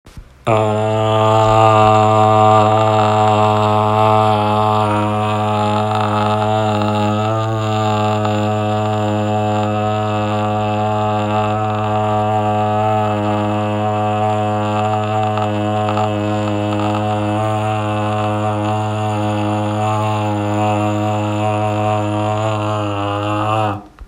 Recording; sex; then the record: sustained vowel /a/; male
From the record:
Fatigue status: no fatigue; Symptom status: symptomatic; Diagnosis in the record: COVID-19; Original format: m4a